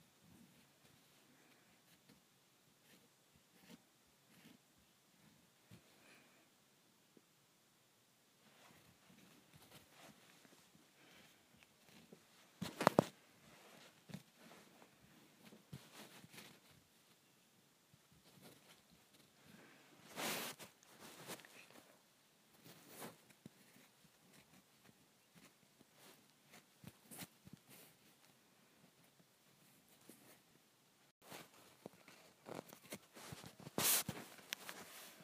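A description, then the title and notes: Someone scratches at a geode: soft, irregular scraping and ticking, with sharper, louder rasps around 13, 20 and 34 seconds. ASMR Scratching my Geode.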